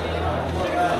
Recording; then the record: background sound without coughing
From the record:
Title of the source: CITY SOUNDS Busy Bar in the Evening Night - 2 HOURS of Ambiance for Relaxation